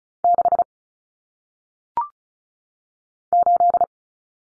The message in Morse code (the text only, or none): 6 8